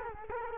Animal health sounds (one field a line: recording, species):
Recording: mosquito wingbeat signal from an infrared sensor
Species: Culex quinquefasciatus